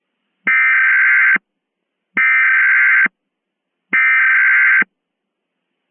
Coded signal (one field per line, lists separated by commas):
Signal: Emergency Alert System (SAME) tones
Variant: header bursts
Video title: #6 EAS Mock: Demonic Dolls (Halloween 2023)